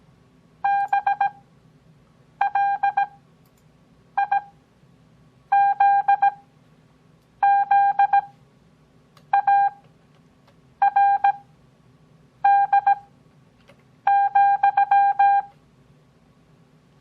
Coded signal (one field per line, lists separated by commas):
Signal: Morse code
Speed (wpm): 17 wpm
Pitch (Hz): 800 Hz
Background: none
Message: BLIZZARD,